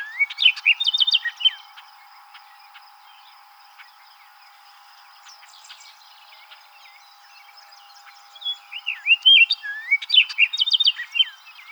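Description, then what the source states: Orchard oriole song in two bursts of rapid, varied whistled and chattering notes, separated by several seconds of near silence. Recorded 7 July 2007.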